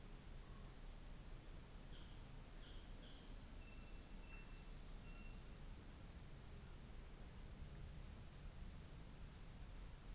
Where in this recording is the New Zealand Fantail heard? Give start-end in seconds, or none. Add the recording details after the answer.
none. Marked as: faintness 4/5, faintness 3/5. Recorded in New Zealand on 24 December 2018. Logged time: 14:45